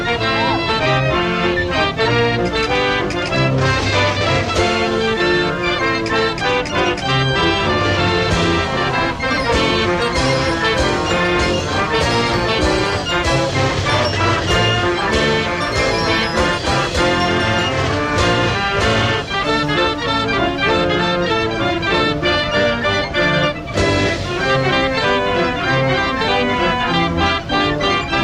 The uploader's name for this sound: Fairground Sounds